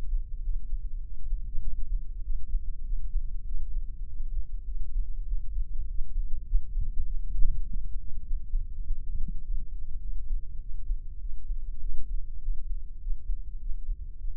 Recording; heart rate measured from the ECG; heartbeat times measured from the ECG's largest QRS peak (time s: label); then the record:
heart sounds by microphone in the left ear; 100 bpm
0.44 s: heartbeat
1.03 s: heartbeat
1.64 s: heartbeat
2.25 s: heartbeat
2.86 s: heartbeat
3.47 s: heartbeat
4.08 s: heartbeat
4.68 s: heartbeat
5.28 s: heartbeat
5.88 s: heartbeat
6.48 s: heartbeat
7.07 s: heartbeat
7.67 s: heartbeat
8.26 s: heartbeat
8.85 s: heartbeat
9.45 s: heartbeat
10.04 s: heartbeat
10.62 s: heartbeat
11.22 s: heartbeat
11.82 s: heartbeat
12.43 s: heartbeat
13.03 s: heartbeat
13.62 s: heartbeat
14.21 s: heartbeat
From the record:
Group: healthy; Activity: cold pressor test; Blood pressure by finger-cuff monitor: 163/91 mmHg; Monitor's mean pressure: 110 mmHg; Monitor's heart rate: 100 bpm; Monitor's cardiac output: 8 L/min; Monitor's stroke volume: 79 mL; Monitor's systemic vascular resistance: 1030 dyn s/cm5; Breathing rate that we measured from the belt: 19 breaths a minute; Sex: male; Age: 21 years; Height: 175 cm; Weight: 72.6 kg